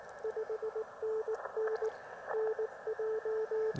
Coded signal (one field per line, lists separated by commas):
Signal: Morse code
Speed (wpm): 17 wpm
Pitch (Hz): 470 Hz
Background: radio noise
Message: 5NN NJ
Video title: POTA in CW. (before the shut down)